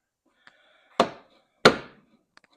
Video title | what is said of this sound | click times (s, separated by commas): 2014 Chevy Impala LTZ Tail Light & Rear Bumper Removal Taillight Gasket Replacement DIY | There's our two clicks that I wanted up here. | 1.0 s, 1.7 s